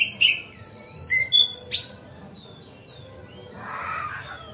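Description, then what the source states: Magpie-robin giving a quick series of whistles and a sharp chip, followed by quiet with a soft rustling noise. Masteran (training song) recorded on a terrace.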